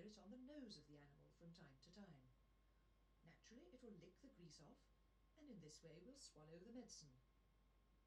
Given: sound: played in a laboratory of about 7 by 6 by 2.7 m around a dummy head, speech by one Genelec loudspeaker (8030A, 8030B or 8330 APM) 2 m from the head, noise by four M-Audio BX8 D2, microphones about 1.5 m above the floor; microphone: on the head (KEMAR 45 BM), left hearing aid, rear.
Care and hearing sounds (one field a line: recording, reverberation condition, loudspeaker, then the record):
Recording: female speech in English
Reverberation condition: low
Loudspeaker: 30 degrees to the right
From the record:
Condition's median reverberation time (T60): about 310 ms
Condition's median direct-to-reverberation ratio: about 3.5 dB